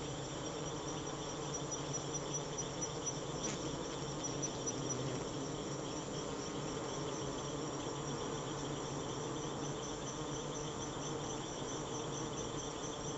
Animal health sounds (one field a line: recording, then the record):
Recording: honeybee defence experiment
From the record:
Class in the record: attack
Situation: Africanized honeybees under attack by Camponotus atriceps ants